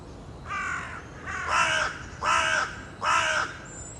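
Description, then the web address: Bird giving four harsh, nasal caws, each about half a second long and spaced roughly every three-quarters of a second, with a faint high whistle at the end. "cianscape. Deverinetal. Bird Only"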